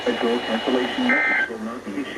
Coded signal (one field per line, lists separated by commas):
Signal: Emergency Alert System (SAME) tones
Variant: end-of-message bursts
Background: speech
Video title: HIGHS AND LOWS... EAS Alerts from 3/6/18 - 3/28/18 (EAS #849 - 860)